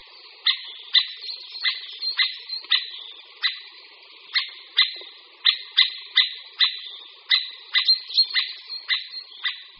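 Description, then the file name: Eurasian three-toed woodpecker giving short, sharp high calls, single or in quick pairs, irregularly spaced about every half second to second. "Datlík-tříprstý"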